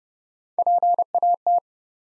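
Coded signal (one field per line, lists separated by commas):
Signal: Morse code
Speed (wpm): 31 wpm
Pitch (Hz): 700 Hz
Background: none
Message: PAT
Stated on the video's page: Head-copy drill of common three-letter-or-shorter US names sent at 30 wpm, each sent twice.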